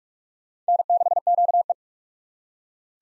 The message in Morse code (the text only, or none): N6QE